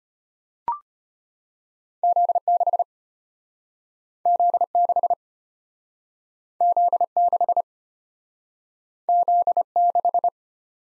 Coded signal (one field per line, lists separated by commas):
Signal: Morse code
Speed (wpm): 33 wpm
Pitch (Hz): 700 Hz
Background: none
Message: Z6 Z6 Z6 Z6